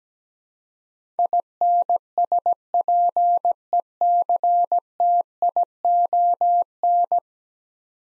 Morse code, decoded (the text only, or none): INSPECTION